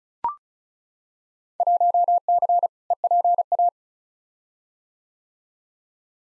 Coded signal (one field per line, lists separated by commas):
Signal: Morse code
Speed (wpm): 36 wpm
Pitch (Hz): 700 Hz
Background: none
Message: 1C EPA